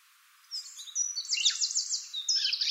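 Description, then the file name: Eurasian blackcap giving high, trilled notes over a light background hiss. "Sylvia atricapilla"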